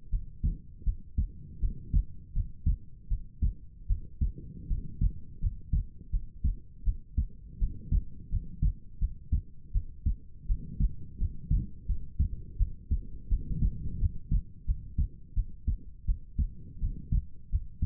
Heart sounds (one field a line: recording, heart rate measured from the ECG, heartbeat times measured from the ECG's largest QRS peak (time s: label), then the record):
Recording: heart sounds by stethoscope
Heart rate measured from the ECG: 83 bpm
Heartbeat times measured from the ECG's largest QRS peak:
0.09 s: heartbeat
0.84 s: heartbeat
1.59 s: heartbeat
2.32 s: heartbeat
3.08 s: heartbeat
3.87 s: heartbeat
4.67 s: heartbeat
5.39 s: heartbeat
6.10 s: heartbeat
6.83 s: heartbeat
7.58 s: heartbeat
8.29 s: heartbeat
8.98 s: heartbeat
9.72 s: heartbeat
10.46 s: heartbeat
11.17 s: heartbeat
11.86 s: heartbeat
12.57 s: heartbeat
13.28 s: heartbeat
13.98 s: heartbeat
14.65 s: heartbeat
15.34 s: heartbeat
16.05 s: heartbeat
16.79 s: heartbeat
17.49 s: heartbeat
From the record:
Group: healthy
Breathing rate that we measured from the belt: 20 breaths a minute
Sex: female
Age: 19 years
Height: 163 cm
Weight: 48.9 kg